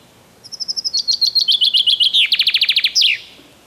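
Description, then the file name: Common chaffinch giving one full song: thin repeated notes that speed up and descend in steps, closing with an emphatic downward flourish. "Zięba"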